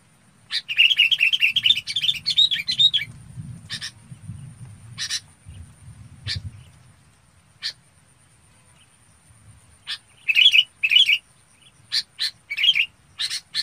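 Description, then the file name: Red-whiskered bulbul chattering: a quick run of warbled notes near the start, then scattered sharp clicks and brief chirps in short bursts later. Vietnamese name chào mào; described as high-pitched singing (bổng hót). "tieng chao mao bong hot"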